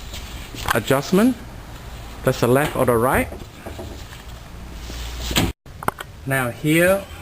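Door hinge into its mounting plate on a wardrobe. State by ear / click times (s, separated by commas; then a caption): not seated / none. A clip-on wardrobe door hinge is handled at its mounting plate on the cabinet side during door adjustment while someone talks. Brief handling noises occur around 5.4 to 6.0 seconds, next to a short gap of silence. The hinge has not clicked or seated onto the plate yet.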